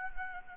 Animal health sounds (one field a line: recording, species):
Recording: mosquito wingbeat signal from an infrared sensor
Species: Anopheles gambiae